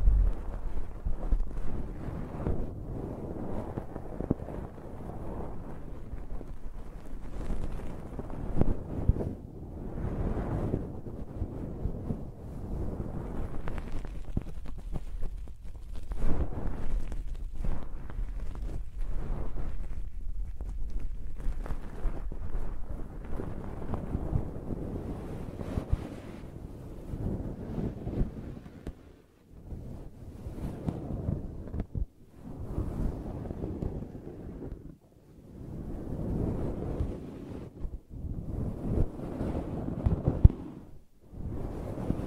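Brushing and scratching fill the whole 42 seconds, dense, rough and mostly low, with the brighter scrapes coming in short bursts. The strokes run close together for the first half. After about 25 seconds they break into separate swells with brief quiet gaps between them.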